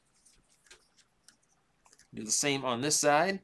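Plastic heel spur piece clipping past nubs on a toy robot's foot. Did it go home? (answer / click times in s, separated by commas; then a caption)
yes / 1.3 s. A plastic heel spur piece on a transforming robot toy's foot is folded around to the back and clipped past small molded nubs, seating with a sharp click at 1.3 s. Soft plastic handling ticks come before and after it, and someone talks from about 2.1 s to the end.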